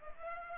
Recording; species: mosquito wingbeat signal from an infrared sensor; Culex pipiens